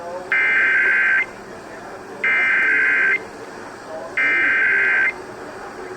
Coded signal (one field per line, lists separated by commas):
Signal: Emergency Alert System (SAME) tones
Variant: header bursts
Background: speech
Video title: EAS N/A - N/A | Kern & LA County RMTs w/@theM12 (12/31/24)